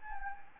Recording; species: mosquito wingbeat signal from an infrared sensor; Anopheles gambiae